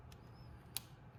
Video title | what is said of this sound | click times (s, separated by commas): How to Rebuild the Top End on a 200cc GY6 Motor - Venom Motorsports | There we go. And then it snapped right in place. Didn't pop away like it usually does on me. | 0.8 s